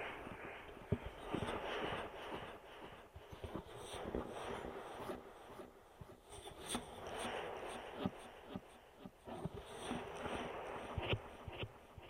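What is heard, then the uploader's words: An ear massage: continuous rubbing and brushing sounds that hiss and rustle in waves, swelling and easing every second or two. Short soft taps and clicks pop through the texture frequently, with a slightly louder knock near the one-second mark. Ear Massage.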